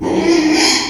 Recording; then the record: squeal of a Yucatan mini pig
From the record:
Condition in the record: after surgery on the right vocal fold (resection and tissue-engineered implant); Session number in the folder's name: 2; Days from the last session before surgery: 13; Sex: male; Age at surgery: 12 weeks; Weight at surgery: 13 kg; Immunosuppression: cyclosporine, prednisolone